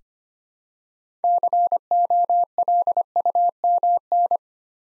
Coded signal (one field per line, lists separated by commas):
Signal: Morse code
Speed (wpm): 25 wpm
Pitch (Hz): 700 Hz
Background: none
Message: COLUMN